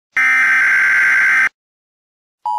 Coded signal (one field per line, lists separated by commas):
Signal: Emergency Alert System (SAME) tones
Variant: header bursts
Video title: BCOLTrainFan85 RBLX #38: Emergency Alert System